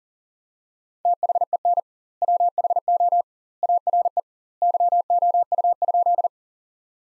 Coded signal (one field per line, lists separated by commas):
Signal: Morse code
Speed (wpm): 40 wpm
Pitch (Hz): 700 Hz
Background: none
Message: THEN WHO ARE YOU?